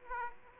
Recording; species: mosquito wingbeat signal from an infrared sensor; Aedes aegypti